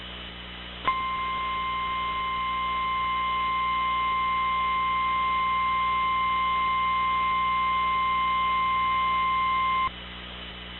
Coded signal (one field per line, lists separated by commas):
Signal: Emergency Alert System (SAME) tones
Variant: 1050 Hz attention tone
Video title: EAS Mock: Capital District SVR